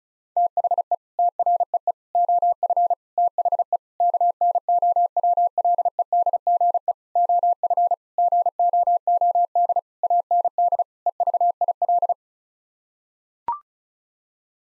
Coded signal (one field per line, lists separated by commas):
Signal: Morse code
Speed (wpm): 34 wpm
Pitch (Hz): 700 Hz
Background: none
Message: THE TREE OF THE KNOWLEDGE OF GOOD AND EVIL